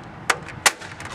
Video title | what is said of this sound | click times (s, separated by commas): New Chrome Wheel Skins on Dodge Ram Truck or Car less than $100 | hear that click | 0.3 s, 0.7 s